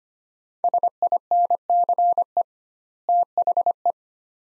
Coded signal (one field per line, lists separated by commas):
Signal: Morse code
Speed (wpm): 25 wpm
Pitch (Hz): 700 Hz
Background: none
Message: SINCE THE